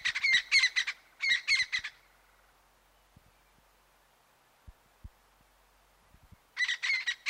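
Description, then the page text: Crested francolin giving two harsh, rasping bursts of chattering notes, then several seconds of near silence with faint ticks before another grating burst begins. "Рінгтон Crested Francolin на MELOBOOM"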